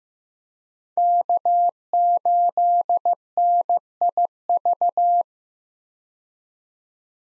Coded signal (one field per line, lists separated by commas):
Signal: Morse code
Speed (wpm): 15 wpm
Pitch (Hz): 700 Hz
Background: none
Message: K8NIV